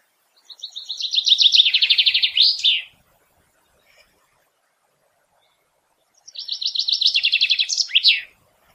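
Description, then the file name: Common chaffinch song: two phrases about six seconds apart, each a bright descending series of rapid chirps ending in a sharp flourish. "Fringilla coelebs"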